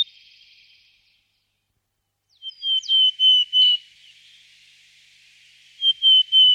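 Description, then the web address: Willow tit singing clear whistled notes, a phrase of four, then three more after a pause. 2007, from a birdsong course. "Cursus Vogelzang Matkop"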